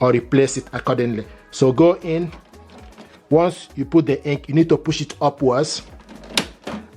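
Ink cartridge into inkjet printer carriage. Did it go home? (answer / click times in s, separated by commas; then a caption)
yes / 6.4 s. Someone talks while a black ink cartridge is pushed upwards into the carriage of an HP Deskjet 2710e/2700e series inkjet printer. A sharp click at 6.4 s marks the cartridge snapping home, seated in the carriage.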